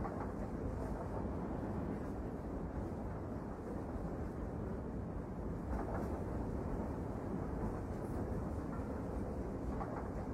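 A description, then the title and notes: A train runs steadily, its deep, dense rumble filling the low end without a break. The level barely changes across the ten seconds, with a few faint rattling clicks surfacing now and then, near 1, 3, 6 and 8 seconds. The pleasant sound of the train.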